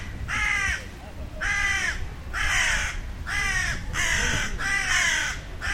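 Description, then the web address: Bird uttering a series of several raspy, caw-like calls about a second apart, over a steady low rumble of background noise. "Deverinetal 2025 File origin Bird Only"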